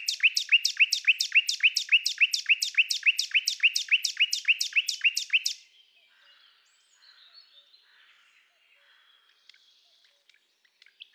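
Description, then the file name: Common Nightingale song: a fast, even run of sharp, repeated notes, roughly four per second, lasting several seconds before fading to scattered soft chirps and quiet. "Luscinia megarhynchos"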